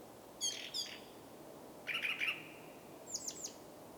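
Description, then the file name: Common blackbird song, quiet: a short low warbled phrase between thin high squeaky notes, with steady background hiss. "Turdus merula"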